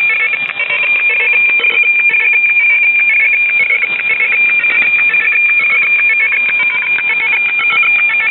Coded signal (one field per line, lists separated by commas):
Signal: weather fax (radiofax)